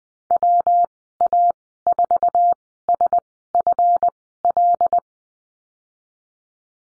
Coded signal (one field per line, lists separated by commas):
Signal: Morse code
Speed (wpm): 20 wpm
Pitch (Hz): 700 Hz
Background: none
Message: WA4SFL